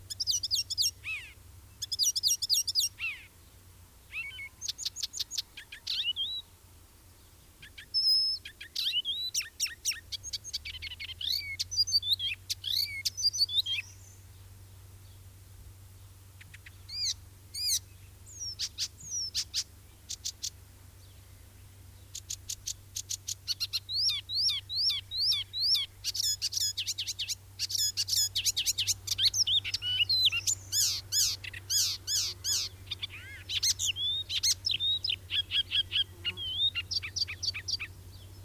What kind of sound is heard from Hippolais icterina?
song